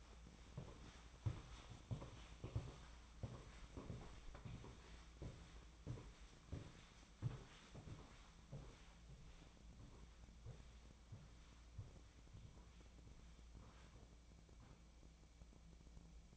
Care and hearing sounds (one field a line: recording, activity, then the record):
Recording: daily activity, microphone in the room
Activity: walk to room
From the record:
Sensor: 1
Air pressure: 1010.1 hPa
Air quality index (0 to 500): 184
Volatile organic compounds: 16 ppm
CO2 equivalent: 2530 ppm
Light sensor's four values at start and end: 38/99/41/50 and 39/98/41/50